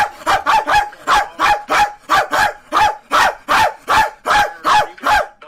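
Dog giving many quick repeated barks at an even pace, with brief gaps between each.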